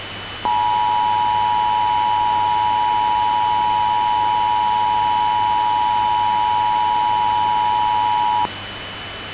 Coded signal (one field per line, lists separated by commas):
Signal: Emergency Alert System (SAME) tones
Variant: 853 and 960 Hz attention tone